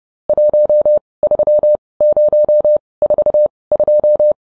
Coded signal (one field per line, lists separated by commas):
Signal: Morse code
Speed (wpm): 30 wpm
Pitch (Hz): 600 Hz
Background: none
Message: 13042